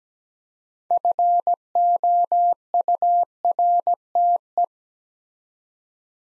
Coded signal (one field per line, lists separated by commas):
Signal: Morse code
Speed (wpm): 17 wpm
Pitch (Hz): 700 Hz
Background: none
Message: FOURTE